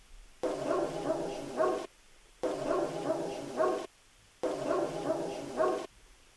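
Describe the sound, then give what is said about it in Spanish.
Dogs bark and cry out in three long, sustained bursts of roughly equal length, each separated by a short silent gap and swelling slightly louder at its end. “Bueno, aparte, lo primero, los perros estaban ahí, ¿vale? Eso no es nada paranormal.”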